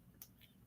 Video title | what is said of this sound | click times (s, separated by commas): LIVE JEWELRY SALE 2PM EASTERN SUNDAY OCT 12 | oh it did click. | 0.2 s